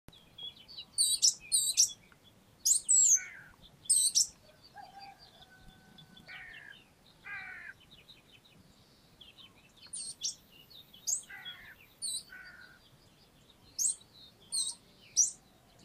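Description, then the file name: Eurasian blackcap song with bursts of varied, high warbling phrases separated by short pauses, including some lower whistled notes, over a quiet background. "Sylvia atricapilla"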